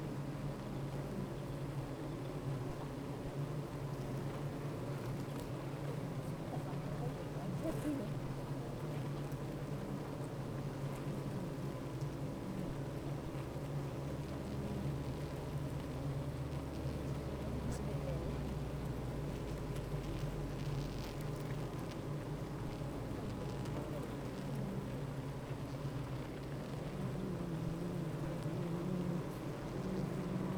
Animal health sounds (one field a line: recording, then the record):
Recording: honeybee colony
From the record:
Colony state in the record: active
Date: 28 July 2017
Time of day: 8:24